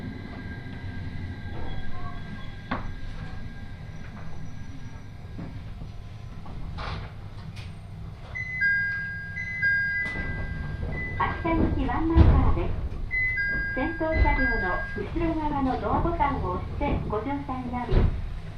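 A crowded train car on the Uetsu Line, with overlapping passenger voices over a low steady rumble, plus brief clicks and short tones.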